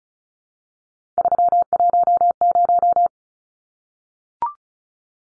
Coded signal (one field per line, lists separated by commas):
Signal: Morse code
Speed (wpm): 34 wpm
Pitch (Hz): 700 Hz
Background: none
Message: 310